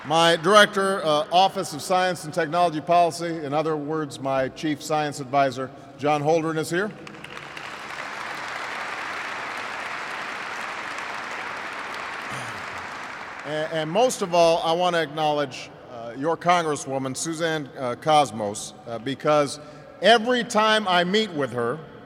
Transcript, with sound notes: My director, Office of Science and Technology Policy -- in other words my chief science advisor -- John Holdren is here. (Applause.) And most of all I want to acknowledge your congresswoman Suzanne Kosmas, because every time I meet with her,